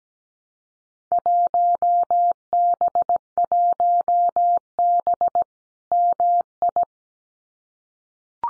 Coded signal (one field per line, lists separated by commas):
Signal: Morse code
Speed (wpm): 17 wpm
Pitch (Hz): 700 Hz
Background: none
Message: 1B1B MI